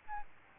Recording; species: mosquito wingbeat signal from an infrared sensor; Aedes albopictus